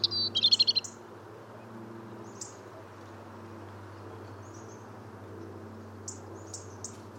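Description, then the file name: European robin song: a quick burst of high, thin warbled notes at the start, then scattered faint high notes over a steady low hum. "Erithacus rubecula"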